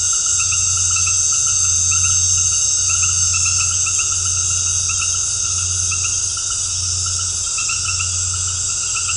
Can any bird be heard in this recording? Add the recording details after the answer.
no. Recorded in dense forest near Puerto Asís, Putumayo, Colombia, on 19 March 2025 at 19:00. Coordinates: 0.468, -76.322. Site GP01